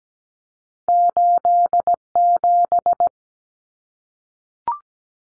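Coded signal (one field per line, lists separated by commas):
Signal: Morse code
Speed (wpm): 17 wpm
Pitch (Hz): 700 Hz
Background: none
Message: 87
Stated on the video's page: Common cut numbers sent at 17 wpm for head-copy practice, each two-digit number sent in Morse, spoken, then sent again.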